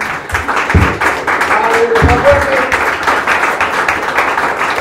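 A church audience, women and then men, applauds the Lord steadily, dense overlapping claps forming a continuous wash of sound, with a few shouting voices rising through the applause.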